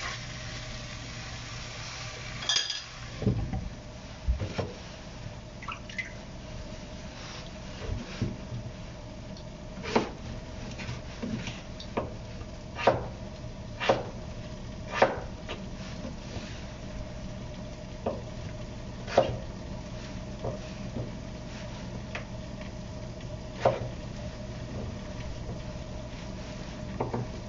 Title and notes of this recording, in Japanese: 野菜を切る。カレーを作っている途中で野菜を切っている音